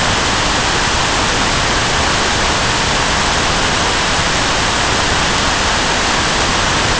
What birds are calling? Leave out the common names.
none